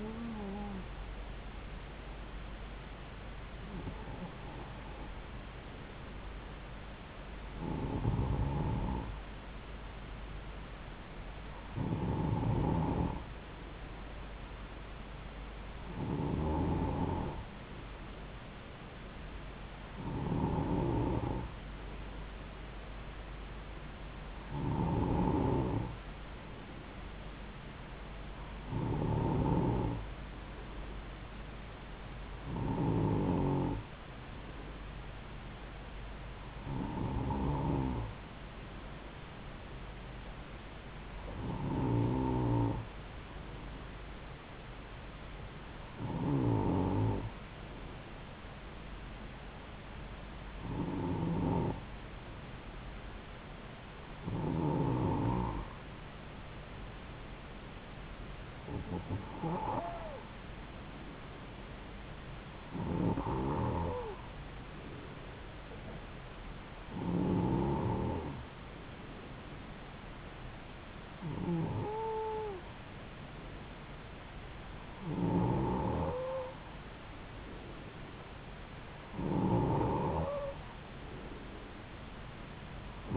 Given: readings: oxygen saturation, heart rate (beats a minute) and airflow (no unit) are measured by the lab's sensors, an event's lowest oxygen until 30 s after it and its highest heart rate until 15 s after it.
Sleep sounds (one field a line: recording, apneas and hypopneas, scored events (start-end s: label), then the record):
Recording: breathing in sleep by a voice recorder at the bedside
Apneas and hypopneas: none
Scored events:
8.00-83.17 s: new sleep stage, N2 (light sleep)
From the record:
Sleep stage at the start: N1 (lightest sleep)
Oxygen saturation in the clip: 92 to 93%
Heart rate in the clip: 69 to 75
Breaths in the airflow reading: 20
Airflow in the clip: -3.8 to 3.0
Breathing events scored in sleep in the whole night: 270 in 6.1 hours asleep